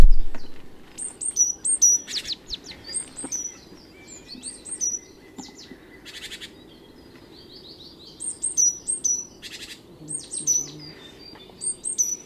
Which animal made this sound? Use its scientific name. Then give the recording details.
Parus major. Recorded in the wild. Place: Pfaffenbrunnen, Rheinland-Pfalz, DE. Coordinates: 49.412, 7.756. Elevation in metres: 399. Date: 1976-03-16. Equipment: Nagra IV, Sennheiser MKH 405, Parabolreflektor. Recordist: Tretzel, Erwin. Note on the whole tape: Hoch auf Eiche. Erst Gesang, dann Rufe